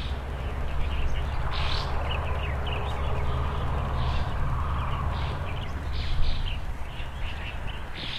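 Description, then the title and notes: Bird chirps and short twittering notes recur throughout over a steady low rumble. Several birds frolicking on branches in early morning in front of a rural house, seen through an opened window; harmonious, quiet setting. "乡间屋前鸟儿欢快嬉闹中. 清晨起床，推开窗户，只见鸟儿嬉闹于枝头"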